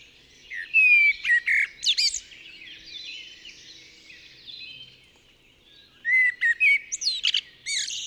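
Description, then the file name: Common blackbird singing two phrases, each of whistles ending in high twittery notes, separated by a pause with faint chirping. "Turdus merula"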